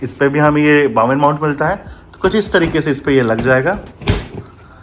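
Someone talks while handling a Godox 80 cm Bowens-mount softbox, fitting its Bowens mount ring toward the Bowens mount of a studio LED light. A brief sharp knock sounds near 4.1 s. The clip ends before the softbox locks onto the light: nothing has seated or clicked yet.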